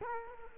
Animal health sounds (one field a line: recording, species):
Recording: mosquito wingbeat signal from an infrared sensor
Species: Culex quinquefasciatus